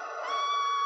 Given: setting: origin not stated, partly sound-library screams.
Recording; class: one-second piece from a danger detection set; woman in danger